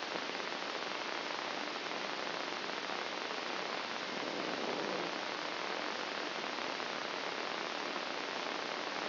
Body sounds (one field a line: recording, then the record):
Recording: brain microelectrode recording played as sound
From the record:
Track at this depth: inside the subthalamic nucleus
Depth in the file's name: 0.628 mm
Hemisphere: left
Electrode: 2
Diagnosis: Parkinson's disease